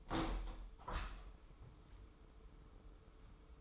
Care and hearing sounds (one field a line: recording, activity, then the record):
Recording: daily activity, microphone in the room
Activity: open window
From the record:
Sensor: 1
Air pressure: 995.7 hPa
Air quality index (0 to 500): 56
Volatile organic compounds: 2 ppm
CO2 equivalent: 1068 ppm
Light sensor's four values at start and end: 30/104/40/42 and 31/106/41/43